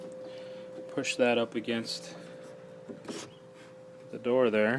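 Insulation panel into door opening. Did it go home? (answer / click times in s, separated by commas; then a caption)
no / none. A foam insulation panel is slid into a door opening and pushed up against the door as a friction fit while someone talks over a steady background hum, with a brief bump at about 3.1 s. The clip ends before the panel goes home, and nothing has seated yet.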